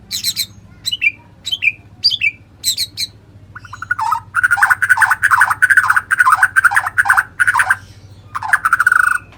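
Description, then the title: White-rumped shama song: a series of short downslurred whistles, then a dense, rapid stretch of rich, varied phrases over a faint low hum. "murai batu"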